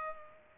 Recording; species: mosquito wingbeat signal from an infrared sensor; Culex pipiens